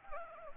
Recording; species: mosquito wingbeat signal from an infrared sensor; Anopheles gambiae